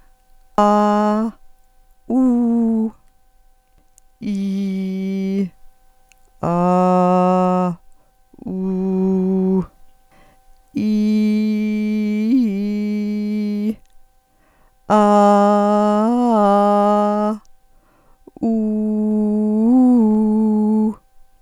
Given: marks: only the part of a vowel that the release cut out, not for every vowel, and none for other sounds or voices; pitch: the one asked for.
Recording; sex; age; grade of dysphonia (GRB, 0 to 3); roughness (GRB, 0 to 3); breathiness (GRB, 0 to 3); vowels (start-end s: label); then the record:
sustained vowels; female; 50 to 59 years; 1; 1; 0
0.63-1.22 s: vowel /a/, high pitch
2.13-2.84 s: vowel /u/, high pitch
4.33-5.38 s: vowel /i/, low pitch
6.62-7.62 s: vowel /a/, low pitch
8.63-9.56 s: vowel /u/, low pitch
11.58-13.53 s: vowel /i/, low-high-low pitch
15.36-17.10 s: vowel /a/, low-high-low pitch
18.88-20.81 s: vowel /u/, low-high-low pitch
From the record:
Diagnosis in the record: hyperfunctional dysphonia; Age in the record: 52 years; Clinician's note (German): Leichte Form